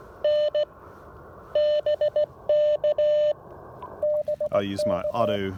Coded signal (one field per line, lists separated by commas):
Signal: Morse code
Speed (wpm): 18 wpm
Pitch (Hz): 600 Hz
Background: speech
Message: N BK BK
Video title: Pairing the Icom IC-705 with the Elecraft AX1 antenna at a POTA activation. Can this work?